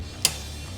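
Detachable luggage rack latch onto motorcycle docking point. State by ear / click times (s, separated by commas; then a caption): seated / 0.2 s. The detachable HD King luggage rack on a 2023 Road Glide CVO is pushed back, and its rear latch snaps onto the docking point with a single sharp click at 0.2 s, dropping the spring depressor down. The latch is seated, with only a low steady hum under the rest of the clip.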